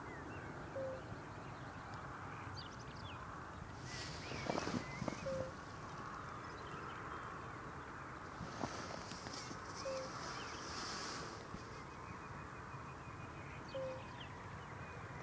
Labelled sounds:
Fire-Bellied Toad (Bombina bombina) call

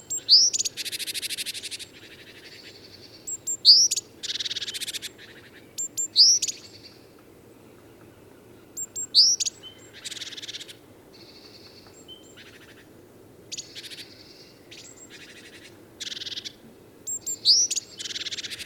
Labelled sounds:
Great Tit (Parus major) call

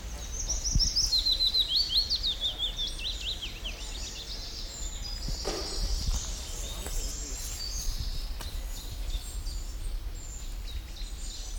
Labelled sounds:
Willow Warbler (Phylloscopus trochilus)

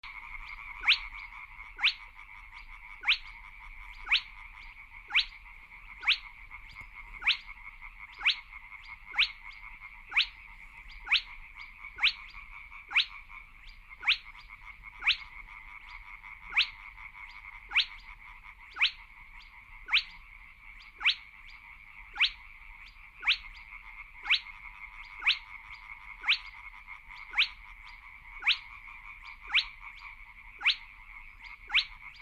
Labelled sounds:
Spotted Crake (Porzana porzana)

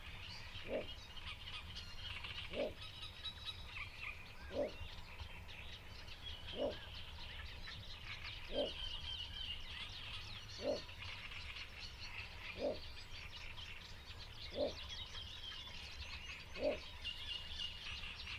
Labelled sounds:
Little Bittern (Ixobrychus minutus)

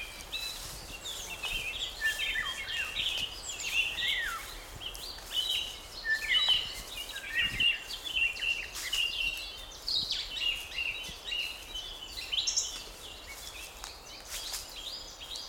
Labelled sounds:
Eurasian Blackcap (Sylvia atricapilla)

